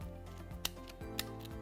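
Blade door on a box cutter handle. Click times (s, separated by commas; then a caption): 0.7 s. A plastic blade door is put back onto a box cutter handle after the blade has been inserted and slid back, and it latches shut with a sharp click at 0.6 seconds. A second, similar sharp click follows at 1.2 seconds over a steady background hum, and the blade door is seated.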